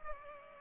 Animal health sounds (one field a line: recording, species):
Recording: mosquito wingbeat signal from an infrared sensor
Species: Culex pipiens